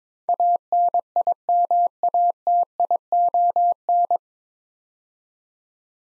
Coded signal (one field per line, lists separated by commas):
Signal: Morse code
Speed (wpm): 22 wpm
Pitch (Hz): 700 Hz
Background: none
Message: ANIMATION